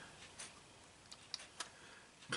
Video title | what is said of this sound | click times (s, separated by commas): LEGO STAR WARS: 75286 - General Grievous's Starfighter and Star Wars Chat! #1 | click into there like so ah and it does oh look at that there we go | 1.3 s